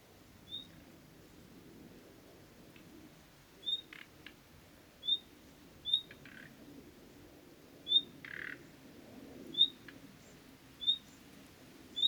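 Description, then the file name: Common nightingale calls: a thin high whistle repeated at irregular intervals, with a few brief clicks and short raspy croaking notes among them. "Luscinia megarhynchos"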